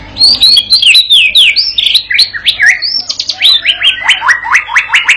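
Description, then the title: White-rumped shama song, rapid high whistled slurs followed by a quick series of repeated notes. Master lure song used to train a young shama (murai batu paud) to sing gacor and prompt it to answer at once. "MURAI BATU PAUD BELAJAR GACOR, AJARI DENGAN MASTERAN PANCINGAN INI, PANCING LANGSUNG NYAUT"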